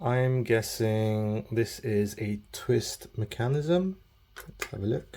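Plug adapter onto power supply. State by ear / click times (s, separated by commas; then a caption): not seated / none. Someone talks while handling an interchangeable twist-lock plug adapter, positioning it to fit onto the power supply brick of a BTT Pad 7, with faint handling sounds toward the end. Nothing has seated or clicked yet.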